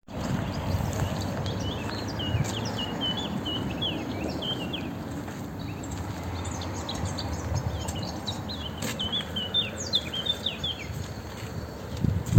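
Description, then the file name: Eurasian blackcap with repeated short warbling phrases of quick slurred notes over continuous low-pitched background noise. "Sylvia atricapilla"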